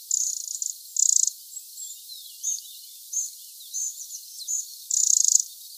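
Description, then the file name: Eurasian wren giving dry, high, buzzy rattles, two early on and one near the end, with several short chirps between them. "Troglodytes troglodytes"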